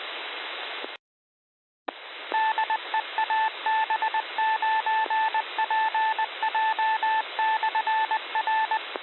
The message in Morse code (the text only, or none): DE AB9PJ/R